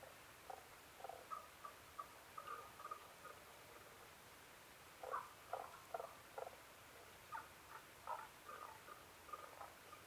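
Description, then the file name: Tago's brown frog giving soft croaking notes in short clusters over a steady background hiss. Recorded 15 May 2011 at 02:19. "tagogaeru-20110515-0219"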